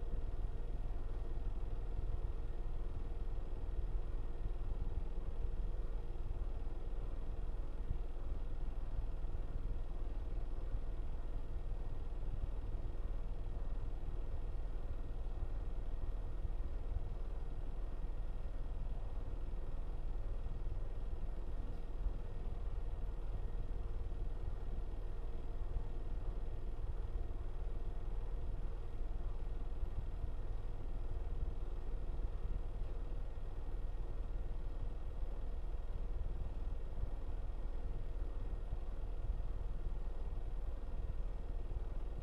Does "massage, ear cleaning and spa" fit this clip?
no